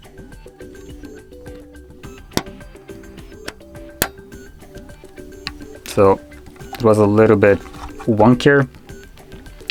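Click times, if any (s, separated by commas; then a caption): 4.0 s. The other side of a DDR4 memory module is pressed into a Gigabyte motherboard DIMM slot close to the microphone, sitting a little wonkier, so instead of a clean click it gives a sharp thunk at 4.0 s as the latch flips into place and the stick seats correctly. Fainter ticks come around it over soft background music, and then someone talks.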